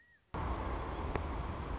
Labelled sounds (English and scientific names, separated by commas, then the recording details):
Anna's Hummingbird (Calypte anna)
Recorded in Sonoma County, California